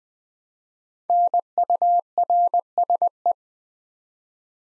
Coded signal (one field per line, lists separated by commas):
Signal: Morse code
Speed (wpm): 20 wpm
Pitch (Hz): 700 Hz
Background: none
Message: NURSE